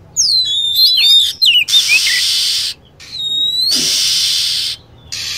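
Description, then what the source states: Lovebird calls: a fast run of high whistled slides, then two long rasping screeches with a short whistle between them. Lure sound for attracting lovebirds.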